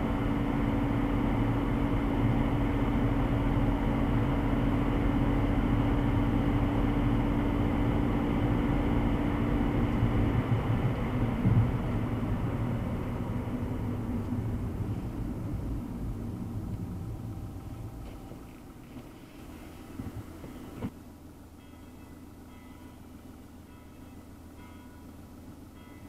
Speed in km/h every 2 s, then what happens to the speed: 83, 83, 84, 84, 82, 61, 39, 16, 0, 0, 0, 0, 0.
0-8 steady at about 83. 8-16 brakes to 0. 16-26 standing.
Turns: none.